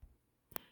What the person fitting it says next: Kung i-lock natin, nag-click na siya.